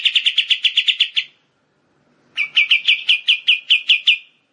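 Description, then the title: Bar-winged prinia song: a short rapid series of sharp high notes, a short pause, then a longer series. Rice-field (sawah) song variety. "Ciblek Sawah 1"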